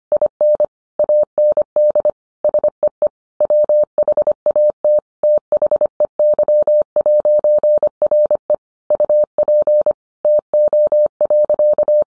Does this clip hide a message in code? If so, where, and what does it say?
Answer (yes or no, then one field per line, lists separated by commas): yes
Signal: Morse code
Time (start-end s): 0.1-12.0 s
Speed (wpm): 25 wpm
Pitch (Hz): 600 Hz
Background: none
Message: IN AND SEE WHAT THEY'RE UP TO.